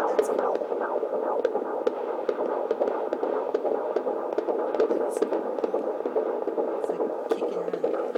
The heartbeat.